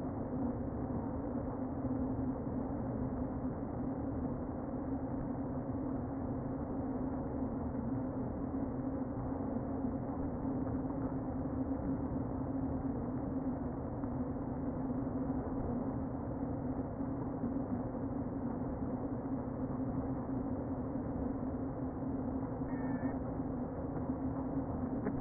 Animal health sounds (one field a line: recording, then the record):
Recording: honeybee colony, microphone inside the hive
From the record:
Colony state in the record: queen present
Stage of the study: before two queens were removed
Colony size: about 60,000 bees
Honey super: yes